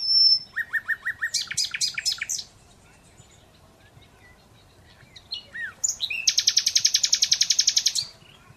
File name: Luscinia megarhynchos